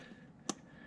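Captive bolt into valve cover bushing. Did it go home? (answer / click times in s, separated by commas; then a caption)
yes / 0.5 s. A captive valve cover bolt on a Ram 2500 6.4L Hemi is pushed by hand into its bushing in the engine valve cover. A single sharp click at 0.5 s stands out over low background noise as the bolt pops and seats in place.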